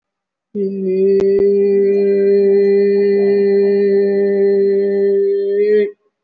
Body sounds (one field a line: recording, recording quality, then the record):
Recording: sustained vowel as in made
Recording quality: excellent, no background noise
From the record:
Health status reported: respiratory illness, not identified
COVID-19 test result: not tested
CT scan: taken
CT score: 0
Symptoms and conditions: cough, cold, asthma, chronic lung disease, pneumonia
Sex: male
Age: 62 years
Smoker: no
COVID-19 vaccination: none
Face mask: not worn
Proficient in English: no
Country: India